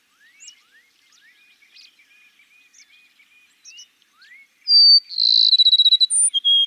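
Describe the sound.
Cassin's sparrow singing loudly near the end: a clear high whistle, a fast pulsed trill and closing notes, after a series of soft rising notes.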